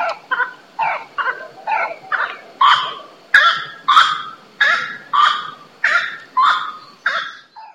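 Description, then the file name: Grey-cowled wood rail calling in a long run of loud, nasal, cackling notes that continues steadily. Recorded in a botanical garden in São Paulo, Brazil, on 9 December 2010. "Aramides-cajanea 1-Botanical Garden-SP-Brazil-9-12-10-ASilveira"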